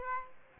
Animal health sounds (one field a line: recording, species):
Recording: mosquito wingbeat signal from an infrared sensor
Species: Aedes aegypti